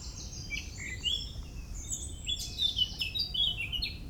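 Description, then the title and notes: Birds twittering continuously with overlapping high chirps and trills over a steady low background rumble. Early morning, 27 May 2018, Parc des Beaumonts, Montreuil, France; urban park in dense city area near Paris; recorded with MCE530 microphones, Dual Pre USB and H2. "Oiseaux des Beaumonts le 27 mai 2018. Parc des Beaumonts, 16 Avenue Jean Moulin, 93100 Montreuil, France. Tôt le matin dans le parc des Beaumonts à Montreuil (93), prise de son d'oiseaux"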